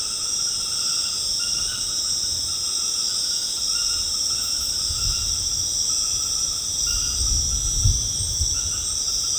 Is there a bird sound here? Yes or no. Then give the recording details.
no. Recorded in secondary vegetation near Puerto Asís, Putumayo, Colombia, on 19 March 2025 at 21:30. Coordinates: 0.485, -76.322. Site G040